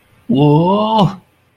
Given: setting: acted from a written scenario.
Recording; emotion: vocal sound without words; distress